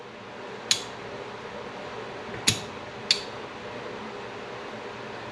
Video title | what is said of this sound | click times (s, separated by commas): 1948 Harley Davidson WL Flathead 45 Cylinder Valve Installation HD 1080p | nice thing is this actually locks in place | 0.7 s, 2.5 s, 3.1 s